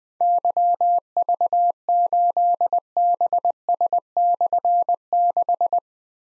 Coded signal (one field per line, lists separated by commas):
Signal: Morse code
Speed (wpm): 20 wpm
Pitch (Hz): 700 Hz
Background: none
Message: YV8BS/6